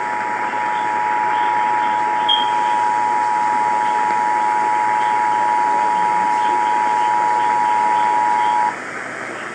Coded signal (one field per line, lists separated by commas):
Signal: Emergency Alert System (SAME) tones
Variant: 853 and 960 Hz attention tone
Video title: EAS Event 8-1-17 NWR Alerts Compilation (EAS#108-125)